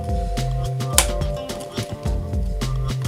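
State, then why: Seated. A plastic building-brick piece is pressed onto the studs of a brick building frame and locks home with a sharp snap at 1.0 s, a good snap that shows the frame will be sturdy. Music with steady tones plays throughout, and the piece ends firmly seated.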